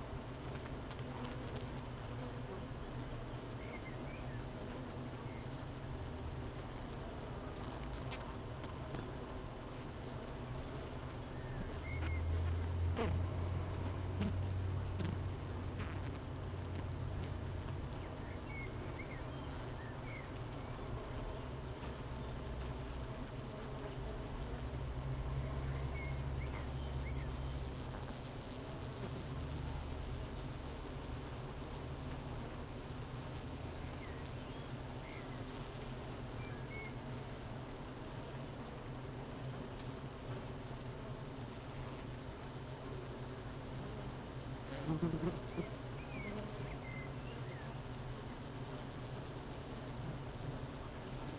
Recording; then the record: honeybee colony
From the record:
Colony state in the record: missing queen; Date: 31 May 2018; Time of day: 8:17